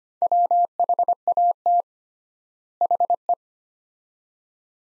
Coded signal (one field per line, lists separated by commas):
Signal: Morse code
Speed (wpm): 25 wpm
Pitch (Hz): 700 Hz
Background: none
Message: WHAT HE